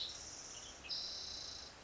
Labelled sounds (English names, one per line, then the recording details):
Western Tanager
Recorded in Sonoma County, California